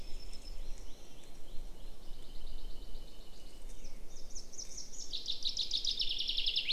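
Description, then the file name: Common chaffinch song building at the end into a loud descending trill, preceded by fainter repeated notes, over low background rumble. "Fringilla coelebs"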